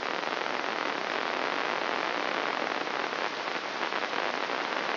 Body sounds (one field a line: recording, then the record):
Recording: brain microelectrode recording played as sound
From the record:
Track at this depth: outside the subthalamic nucleus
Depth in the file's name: 0.913 mm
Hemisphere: left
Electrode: 3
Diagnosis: Parkinson's disease